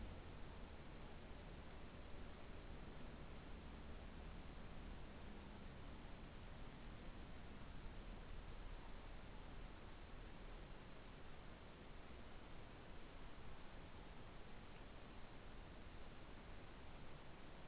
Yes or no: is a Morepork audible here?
no